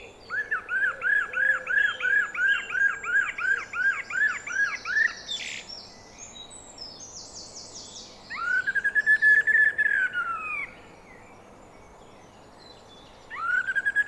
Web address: SETE data Turdus merula